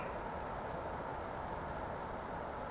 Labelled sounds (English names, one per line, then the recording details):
Eurasian Woodcock whistle
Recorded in Baden-Württemberg, Germany, on 25 June 2020 at 19:44 UTC
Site 14569, 102 m above sea level